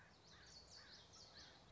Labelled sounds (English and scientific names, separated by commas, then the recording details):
Common Yellowthroat (Geothlypis trichas)
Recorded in Sonoma County, California